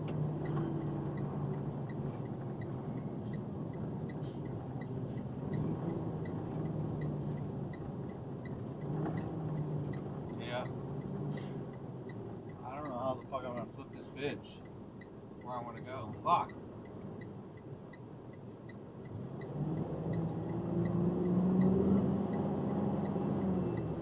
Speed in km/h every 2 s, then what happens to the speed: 79, 69, 60, 42, 39, 27, 19, 15, 13, 13, 19, 26.
0-13 brakes to 15. 13-18 steady at about 13. 18-24 speeds up to 26.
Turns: none.